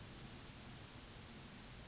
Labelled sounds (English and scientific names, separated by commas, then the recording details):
Yellowhammer (Emberiza citrinella) song
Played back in grassland
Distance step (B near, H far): E
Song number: 026